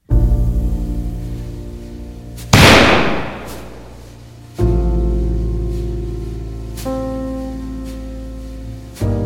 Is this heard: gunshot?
yes